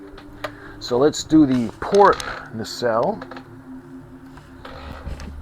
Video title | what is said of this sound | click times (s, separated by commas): FanHome Star Trek The Next Generation Build The U.S.S. Enterprise D Shipment - 30 (Build Video) | and it's going to click into place | 0.5 s